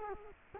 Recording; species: mosquito wingbeat signal from an infrared sensor; Culex quinquefasciatus